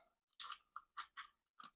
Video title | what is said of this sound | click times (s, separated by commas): What position do you carry? 🔥🔫👀 #viralvideo #1million #glock #2amendment #edc | and you'll hear audible click there you go now that's that's pretty much in there | 0.8 s